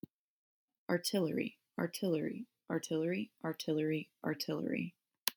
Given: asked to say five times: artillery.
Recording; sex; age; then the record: repeated word; female; 20 to 29 years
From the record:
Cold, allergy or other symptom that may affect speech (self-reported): no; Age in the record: 20 years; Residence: North Carolina, United States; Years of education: 14